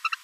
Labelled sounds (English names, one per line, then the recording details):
Green-rumped Parrotlet babbling
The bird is a female
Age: 25 days
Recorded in a nest box in Venezuela
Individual 17B42A2